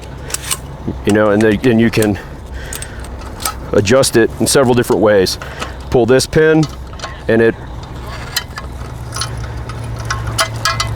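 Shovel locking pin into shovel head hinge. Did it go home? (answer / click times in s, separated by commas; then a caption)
no / none. A collapsible aluminum shovel is handled: its locking pin in the shovel head hinge is pulled so the head can be swung to a new angle and locked into position. Someone talks over light metallic jangling and handling knocks, with sharp transients near the end. Nothing has seated or clicked yet.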